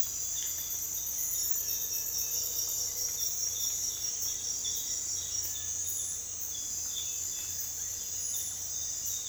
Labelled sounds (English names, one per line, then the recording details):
none
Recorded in secondary vegetation near Puerto Asís, Putumayo, Colombia, on 26 December 2024 at 06:00
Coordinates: 0.484, -76.319
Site GP06